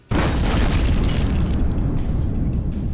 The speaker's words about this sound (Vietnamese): Một tiếng nổ kinh thiên động địa vang lên, xé toạc màn đêm yên tĩnh. Lửa và khói bốc lên ngùn ngụt.